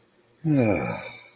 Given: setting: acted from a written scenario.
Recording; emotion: vocal sound without words; serenity